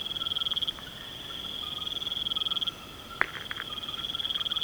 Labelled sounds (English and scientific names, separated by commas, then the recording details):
none
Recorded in pastures near Puerto Asís, Putumayo, Colombia, on 21 March 2025 at 22:00
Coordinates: 0.486, -76.323
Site G075